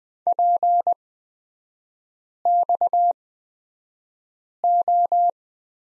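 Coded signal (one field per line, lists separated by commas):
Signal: Morse code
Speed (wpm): 20 wpm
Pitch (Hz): 700 Hz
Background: none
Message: PXO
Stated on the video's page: Morse course lesson drilling letter X in three-character groups, Farnsworth spacing at 20/10 wpm.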